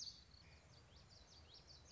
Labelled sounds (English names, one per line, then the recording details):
Common Yellowthroat
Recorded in Sonoma County, California